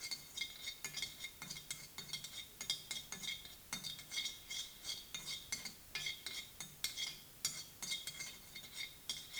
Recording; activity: daily activity, guitar pickup as the sensor; fry